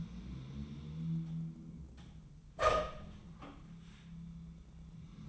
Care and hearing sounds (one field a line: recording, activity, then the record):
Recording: daily activity, microphone in the room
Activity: open door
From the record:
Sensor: 1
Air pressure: 1004.9 hPa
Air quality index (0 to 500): 84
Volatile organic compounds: 2 ppm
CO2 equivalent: 1138 ppm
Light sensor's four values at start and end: 10/24/9/10 and 10/24/9/10